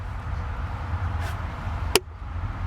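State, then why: Released. On a 2016–2025 Chevrolet Malibu, the glove box dampener arm is lifted up and unclipped from its mounting peg to drop the glove box for a cabin air filter replacement. Over a steady low hum, with a brief soft hiss near 1.3 s, a sharp click sounds at 2.0 s as the arm releases from its mount.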